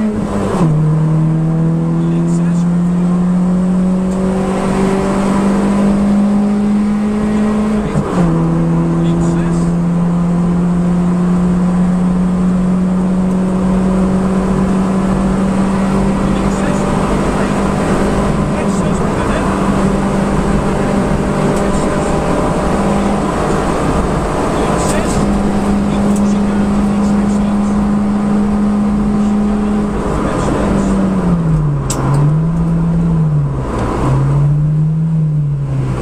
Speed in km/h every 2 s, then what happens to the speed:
101, 113, 124, 132, 138, 144, 150, 156, 160, 158, 160, 162, 163, 165, 168, 144, 100, 59.
0-28 speeds up to 168. 28-36 brakes to 59.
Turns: none.